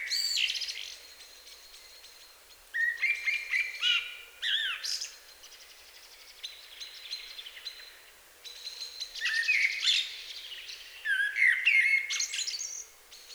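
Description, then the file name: Common blackbird song: fluted warbling phrases near mid pitch, each ending in squeaky high twitters, with several bursts spread throughout and quiet gaps between. "Turdus merula"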